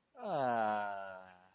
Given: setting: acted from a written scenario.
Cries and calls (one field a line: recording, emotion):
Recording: vocal sound without words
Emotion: adoration